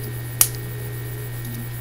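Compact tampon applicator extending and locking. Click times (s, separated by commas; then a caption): 0.4 s. A compact tampon's plastic applicator is pulled out from its short form until it locks at full length. A single sharp, bright click sounds at 0.4 s over a steady low hum, confirming the applicator is extended and locked in place.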